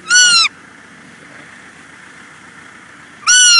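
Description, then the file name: Roe deer fawn squeals: two short, high, bleating peeps with a slight downward bend, about three seconds apart, and near silence between them. Young roe deer, a fawn. "Детеныш-косули"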